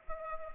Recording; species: mosquito wingbeat signal from an infrared sensor; Culex pipiens